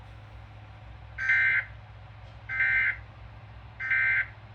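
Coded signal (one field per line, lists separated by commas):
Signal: Emergency Alert System (SAME) tones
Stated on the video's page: Real flash flood warning received on a NOAA weather radio station and several FM stations.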